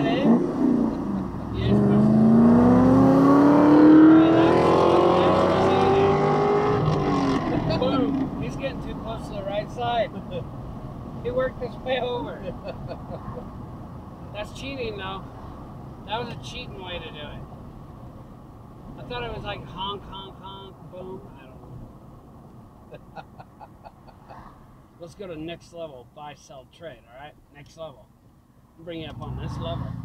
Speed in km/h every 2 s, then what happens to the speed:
61, 71, 89, 89, 85, 81, 76, 71, 63, 61, 55, 42, 29, 15, 15.
0-4 speeds up to 89. 4-26 slows to 15.